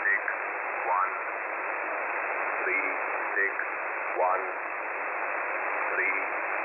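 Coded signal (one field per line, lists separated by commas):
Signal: numbers station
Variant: E07, English man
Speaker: I believe this particular signal the English man I think is called it yo 7 as the designator is coming somewhere out of Russia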